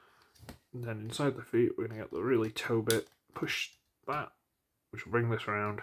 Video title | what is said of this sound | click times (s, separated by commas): Vid 965 Digimon Digivolving Gargomon | and they should just slide and lock into place. See these little floss there? slide lock into place. | 0.5 s